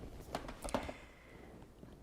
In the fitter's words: and that lets it loose did you hear it click and unclick